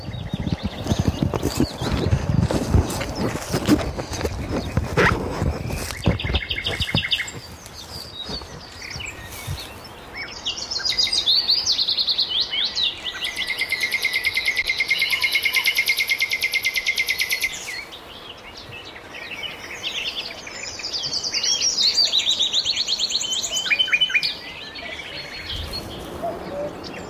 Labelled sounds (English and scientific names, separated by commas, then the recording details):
Common Nightingale (Luscinia megarhynchos) song
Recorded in the wild
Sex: male
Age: adult
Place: Karower Teiche, Berlin, DE
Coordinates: 52.6222, 13.46
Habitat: pond
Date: 1988-05-01
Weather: fair, 16°C
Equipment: Nagra SN, Kopie Tesla B 116
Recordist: Tembrock, Günter